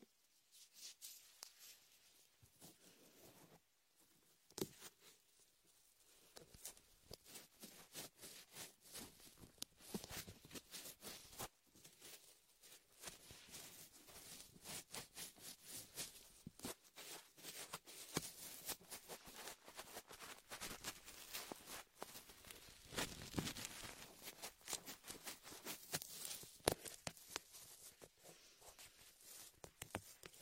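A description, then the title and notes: Ear massage with latex gloves and shaving foam, made of dense, crackling squelches and rubbing that run almost without pause. The sounds are bright and crisp, with short louder pops around 5, 11 and 27 seconds and thicker, wetter stretches near 23 seconds. Latex ear massage with shaving foam for comfort.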